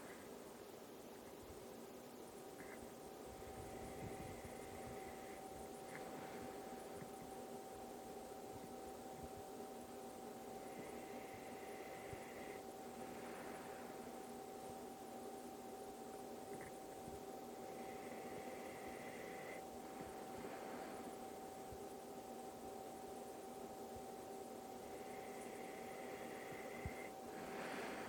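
Faint, regular breathing over a steady household hum in a kitchen. About every seven seconds a soft whistling tone on the in-breath gives way to a breathy rush, roughly eight or nine breaths a minute. It is a sleeping dog snoring quietly on a Saturday morning.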